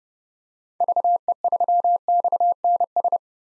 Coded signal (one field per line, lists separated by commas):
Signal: Morse code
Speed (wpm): 30 wpm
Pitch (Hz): 700 Hz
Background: none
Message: VE3XNS